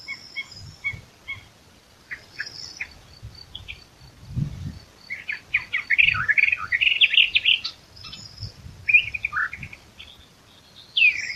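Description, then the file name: Eastern Orphean Warbler song among scattered high chirps: a jumbled, rapid phrase of warbled notes in the middle, with thin high calls before and after. "sylvia crassirostris song"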